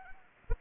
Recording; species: mosquito wingbeat signal from an infrared sensor; Anopheles arabiensis